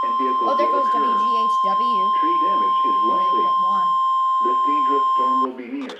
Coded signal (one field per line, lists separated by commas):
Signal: Emergency Alert System (SAME) tones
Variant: 1050 Hz attention tone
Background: speech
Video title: A CLUSTER.. TOR on KHB31, WAAV-AM, and SO MANY FM STATIONS (EAS #55-#62)